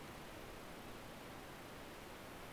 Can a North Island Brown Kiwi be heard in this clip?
no